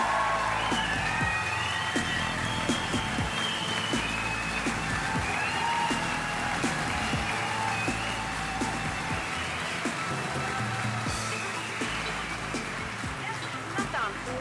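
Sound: audience applause and cheering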